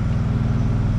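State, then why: Not seated. A steel repair plate is being forced into position against a skid steer axle tube before welding. A steady, low engine-like rumble runs through the whole second with no sharp hits. Nothing has seated or popped into place yet.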